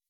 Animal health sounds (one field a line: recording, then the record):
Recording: hydrophone in a shrimp aquaculture tank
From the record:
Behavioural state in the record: weakened